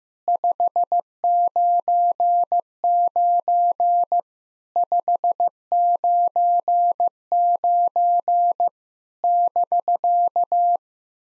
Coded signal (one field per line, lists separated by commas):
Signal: Morse code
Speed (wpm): 15 wpm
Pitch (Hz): 700 Hz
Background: none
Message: 599 599 <BK>